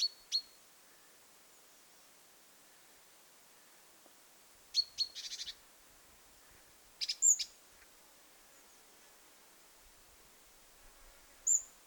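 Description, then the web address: Great tit calls: sharp, very high chips scattered throughout, with a short buzzy rattled burst near the middle and long quiet gaps between. Young bird, recorded 21 July 2026. "paivat 21 7 2026 kuvien nuori talitiainen aantelee"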